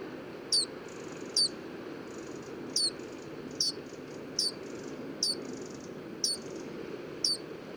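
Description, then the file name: Eurasian wren calling with dry ticks, single clipped notes roughly every second, eight in all, against a constant low rushing noise. "Troglodytes troglodytes"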